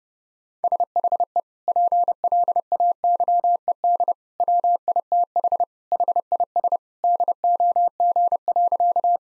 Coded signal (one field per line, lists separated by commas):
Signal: Morse code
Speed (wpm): 30 wpm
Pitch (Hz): 700 Hz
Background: none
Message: SHE PLAYED WITH HIS DOG.